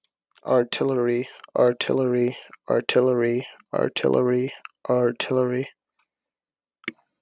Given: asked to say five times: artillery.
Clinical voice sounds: repeated word; male; 20 to 29 years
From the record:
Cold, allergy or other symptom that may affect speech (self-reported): no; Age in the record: 20 years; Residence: Rhode Island, United States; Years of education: 13

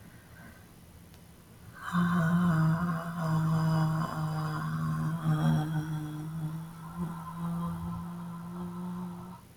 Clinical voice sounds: vowel held as long as possible; female; 30 to 39 years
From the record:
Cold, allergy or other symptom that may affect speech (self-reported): no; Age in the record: 36 years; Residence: Georgia, United States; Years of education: 17

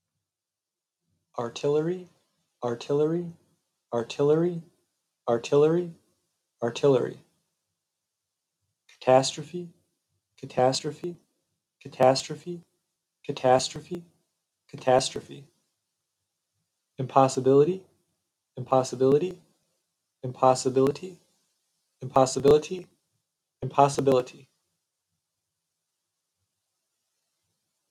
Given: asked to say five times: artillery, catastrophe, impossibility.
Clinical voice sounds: three words, each repeated; male; 30 to 39 years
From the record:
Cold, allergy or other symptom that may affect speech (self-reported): no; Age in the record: 31 years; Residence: Minnesota, United States

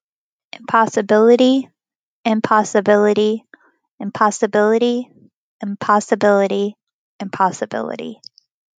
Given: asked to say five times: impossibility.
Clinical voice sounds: repeated word; female; 20 to 29 years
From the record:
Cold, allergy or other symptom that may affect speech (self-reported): yes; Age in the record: 26 years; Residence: Florida, United States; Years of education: 16

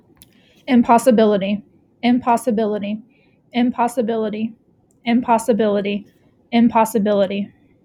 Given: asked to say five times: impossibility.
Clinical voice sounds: repeated word; female; 20 to 29 years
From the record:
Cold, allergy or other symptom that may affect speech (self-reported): no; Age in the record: 25 years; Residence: Texas, United States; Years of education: 16

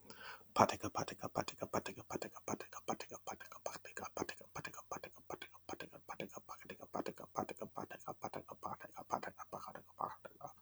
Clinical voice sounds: repeated syllables /pa ta ka/; male; 30 to 39 years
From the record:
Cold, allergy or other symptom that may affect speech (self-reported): no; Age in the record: 31 years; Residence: Illinois, United States

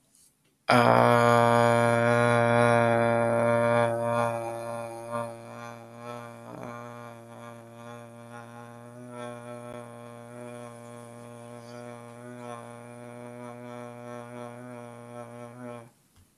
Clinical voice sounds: vowel held as long as possible; male; 30 to 39 years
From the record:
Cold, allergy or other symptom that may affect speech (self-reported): no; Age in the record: 33 years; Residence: United States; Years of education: 12

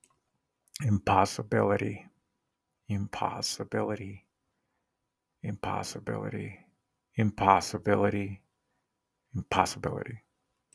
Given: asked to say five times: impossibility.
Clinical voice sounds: repeated word; male; 40 to 49 years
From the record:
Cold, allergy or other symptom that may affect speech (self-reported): no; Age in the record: 49 years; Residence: Colorado, United States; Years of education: 14

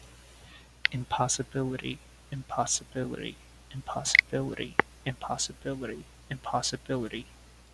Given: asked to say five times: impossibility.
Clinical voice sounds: repeated word; male; 30 to 39 years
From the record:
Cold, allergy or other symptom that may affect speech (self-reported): no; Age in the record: 32 years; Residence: New York, United States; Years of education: 16

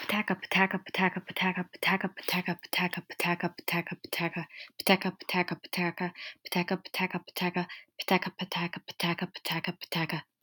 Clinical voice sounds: repeated syllables /pa ta ka/; female; 20 to 29 years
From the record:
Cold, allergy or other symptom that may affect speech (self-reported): no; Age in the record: 22 years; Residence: Florida, United States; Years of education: 17

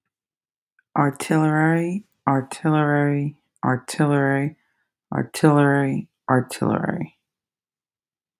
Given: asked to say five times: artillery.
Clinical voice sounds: repeated word; female; 30 to 39 years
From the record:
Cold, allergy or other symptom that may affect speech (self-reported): no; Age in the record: 34 years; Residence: United States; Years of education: 19

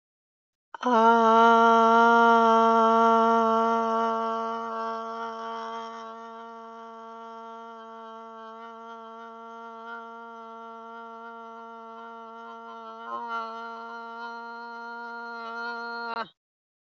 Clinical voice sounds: vowel held as long as possible; female; 30 to 39 years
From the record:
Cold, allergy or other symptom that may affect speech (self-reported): no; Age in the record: 39 years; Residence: North Carolina, United States

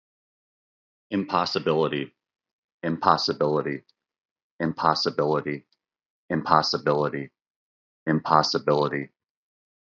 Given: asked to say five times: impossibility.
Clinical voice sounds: repeated word; male; 40 to 49 years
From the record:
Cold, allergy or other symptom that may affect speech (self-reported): no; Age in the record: 48 years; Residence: Ohio, United States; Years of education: 19

